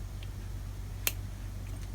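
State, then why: Seated. A metal E-clip is pushed from below onto the groove of a steel shock shaft while building the shocks for an RC10 '89 Stealth Masami Edition RC car. A faint tick at 0.2 s is followed by a single sharp, bright snap at 1.1 s over a steady low hum. The clip seats in the groove, where it will spin if it sits properly.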